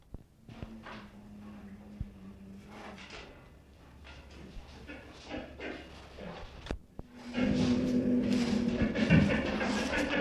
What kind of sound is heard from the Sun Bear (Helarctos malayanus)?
call